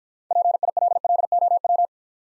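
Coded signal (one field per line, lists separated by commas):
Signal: Morse code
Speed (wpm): 50 wpm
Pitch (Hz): 700 Hz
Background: none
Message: PILLOW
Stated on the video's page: Morse practice set of easy words sent at 40 wpm with contextual hints.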